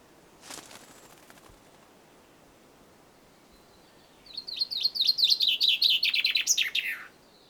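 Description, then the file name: Common chaffinch song: a brief faint note early, then a rapid descending trill of repeated notes closing with a sharp downward flourish. "Fringilla coelebs"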